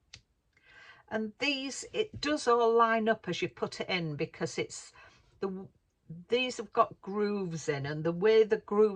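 A flat plastic brick piece with holes is slotted down onto the stem of a brick flower, and a sharp click at 0.1 s marks it seating into place, followed by a fainter tap at 0.6 s. Someone then talks for the rest of the clip.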